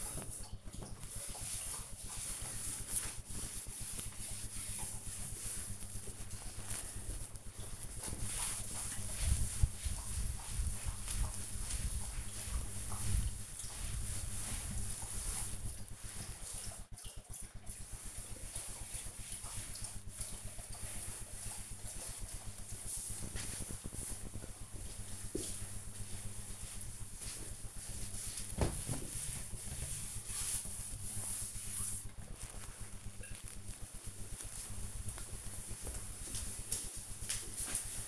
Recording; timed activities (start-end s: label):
household activities, microphone on the right wrist
0.00-31.86 s: cleaning table